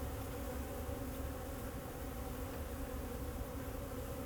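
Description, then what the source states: Bees buzzing in a steady drone over a low, rumbling background sound. Bees flying around the recordist in Jacques Brelpark, Kersbeeklaan, Vorst, Belgium; train in the background; recorded binaurally with a Sennheiser Ambeo binaural headset.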